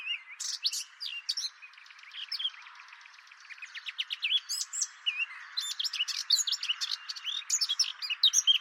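Bird calls, an almost continuous mix of sharp, high chirps, buzzy trills and short whistles, growing busier toward the end.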